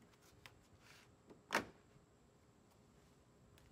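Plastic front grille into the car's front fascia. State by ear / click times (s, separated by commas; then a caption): seated / 0.5 s, 1.6 s. A plastic aftermarket Boss 302 front grille is pressed onto the front fascia of an S197 Ford Mustang, and its clips snap in with sharp clicks at about 0.5 s and 1.6 s, the second louder. The grille ends up seated in place.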